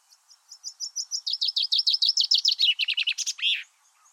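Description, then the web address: Common chaffinch song: a rapid run of bright chipping notes that speeds up and drops in pitch, ending in a short downslurred flourish, with no other sounds. "Deverinetal 2025 File origin Bird Only Fr Co"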